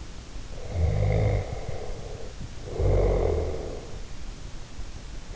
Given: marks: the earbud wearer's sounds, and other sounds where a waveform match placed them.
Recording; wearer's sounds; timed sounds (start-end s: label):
sounds in sleep by an in-ear microphone; snoring breath
0.56-4.00 s: snoring breath